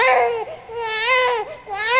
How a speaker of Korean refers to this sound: 아기는 태어나자마자 왜 울지? 넌 그것도 모르니?